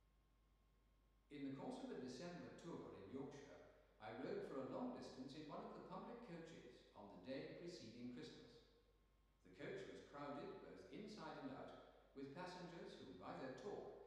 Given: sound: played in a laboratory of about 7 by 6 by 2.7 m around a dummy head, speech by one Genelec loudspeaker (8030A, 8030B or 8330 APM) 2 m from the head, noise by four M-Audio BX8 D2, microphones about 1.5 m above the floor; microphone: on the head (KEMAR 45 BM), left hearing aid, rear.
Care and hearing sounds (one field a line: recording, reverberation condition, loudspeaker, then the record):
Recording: male speech in English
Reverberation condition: high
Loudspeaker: 150 degrees to the right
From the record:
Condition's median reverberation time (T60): about 1300 ms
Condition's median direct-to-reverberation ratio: about -4.0 dB